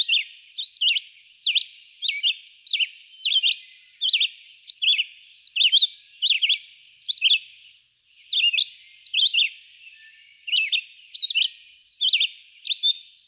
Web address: songs Red-eyed Vireo